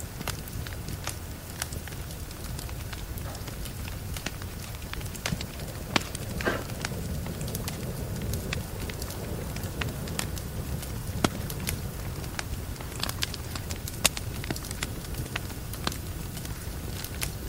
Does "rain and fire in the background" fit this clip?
yes